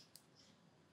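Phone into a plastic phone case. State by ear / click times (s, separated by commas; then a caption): not seated / none. A phone is handled against a plastic phone case that has a hole drilled level with the phone's camera lens. Two brief, sharp ticks are heard at about 0.2 s and 1.0 s over a quiet background. Nothing has seated or clicked into place yet.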